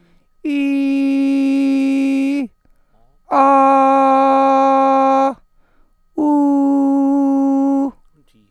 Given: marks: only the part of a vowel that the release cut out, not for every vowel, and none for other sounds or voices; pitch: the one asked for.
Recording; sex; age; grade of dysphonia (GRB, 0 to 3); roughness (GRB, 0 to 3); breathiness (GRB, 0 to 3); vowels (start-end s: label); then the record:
sustained vowels; male; 30 to 39 years; 0; 0; 0
0.56-2.27 s: vowel /i/, high pitch
3.51-5.17 s: vowel /a/, high pitch
6.33-7.74 s: vowel /u/, high pitch
From the record:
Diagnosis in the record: healthy voice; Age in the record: 36 years